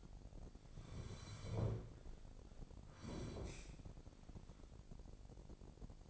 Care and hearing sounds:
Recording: daily activity, microphone in the room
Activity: sit down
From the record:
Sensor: 5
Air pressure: 1009.4 hPa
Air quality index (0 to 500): 156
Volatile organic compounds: 2 ppm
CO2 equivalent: 1204 ppm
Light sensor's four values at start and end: 279/668/285/314 and 280/669/286/314

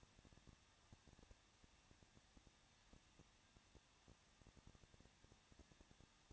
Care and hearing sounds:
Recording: daily activity, microphone in the room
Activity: no activity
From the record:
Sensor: 3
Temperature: 21.2 degrees Celsius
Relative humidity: 36.2%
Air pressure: 1006.5 hPa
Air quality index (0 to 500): 220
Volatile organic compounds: 39 ppm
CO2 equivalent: 3128 ppm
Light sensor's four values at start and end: 2/3/2/2 and 2/3/2/2

